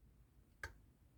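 A screw is turned backwards with a screwdriver in an already-threaded plastic hole on the second part of the right calf of a 1:3 scale DeAgostini RoboCop model. A single sharp click is heard at 0.6 s against quiet background noise, as the screw drops into the existing thread and is seated, ready to be driven in normally.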